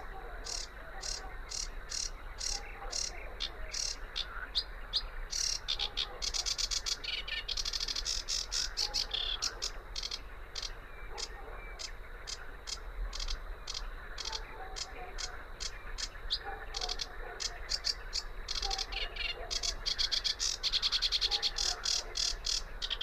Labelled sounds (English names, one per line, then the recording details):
Sedge Warbler song
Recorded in the wild
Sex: male
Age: adult
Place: Teerofenbrücke, Nationalpark Unteres Odertal, Brandenburg, DE
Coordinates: 53.1508, 14.3608
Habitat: wetland
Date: 2013-05-04 23:50
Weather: clear, windless, 5°C
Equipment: Sound Devices 702, Sennheiser MKH 70, Rycote Windschutz
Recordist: Frommolt, Karl-Heinz